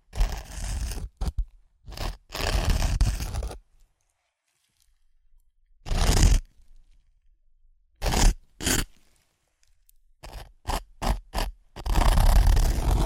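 Crunchy chips being crushed and eaten, in separate bursts of crackling that fill the highs and lows alike. Long crunches open and close the clip, with shorter snaps and quick clusters between them, broken by stretches of near silence.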